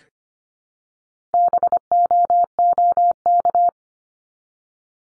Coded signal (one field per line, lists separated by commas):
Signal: Morse code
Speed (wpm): 25 wpm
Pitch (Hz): 700 Hz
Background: none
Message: BOOK